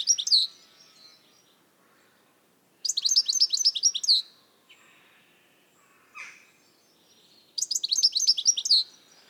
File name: Carduelis carduelis